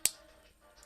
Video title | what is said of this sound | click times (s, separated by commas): Blokees Building Transformers Rise of the Beasts Mirage & Optimus! (AdamusPrime24 Twitch Stream 126) | snap in place, | 0.0 s